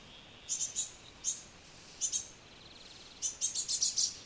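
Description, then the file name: Great tit giving a few high thin call notes in small groups, ending with a quicker run. "Parus major"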